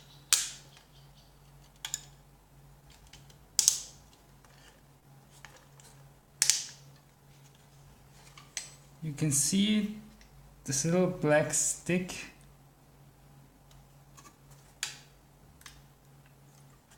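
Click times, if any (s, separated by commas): 0.3 s, 3.6 s, 6.4 s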